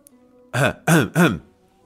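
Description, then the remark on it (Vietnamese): A voice clears its throat in three quick, rough bursts, each a short voiced huff that rises and falls in pitch, fairly loud against an otherwise quiet background. “Miêu Nghị hắng giọng.”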